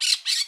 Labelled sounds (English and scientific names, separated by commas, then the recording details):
Brown-throated Parakeet (Eupsittula pertinax) contact call
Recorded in Curacao
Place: Hoffi Jan Thiel
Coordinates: 12.094, -68.877